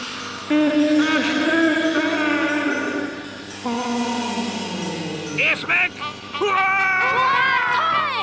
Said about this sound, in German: War das ein Jubel!